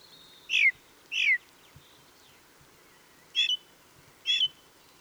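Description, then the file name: Ring ouzel song: two descending piping notes, a gap, then two more notes, with faint twittering of other birds. Song recorded 26 April 2014. "Ringdrossel. Michle Pron"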